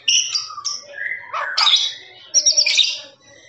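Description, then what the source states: Lovebird chatter of high thin squeaks and whistled notes, some short and some drawn out, coming in loose bursts. Long trilling 'ngekek' song used for training birds.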